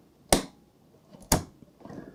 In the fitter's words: see that one I heard click that sounded much more positive okay